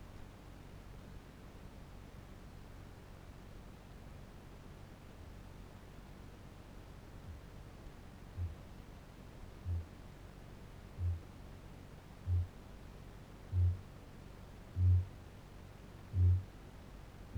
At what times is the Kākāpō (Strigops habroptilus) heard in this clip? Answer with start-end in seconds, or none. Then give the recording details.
7.12-7.54, 8.21-11.33, 12.04-17.38. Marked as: faintness 5/5, faintness 3/5, faintness 2/5. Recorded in New Zealand. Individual Barnard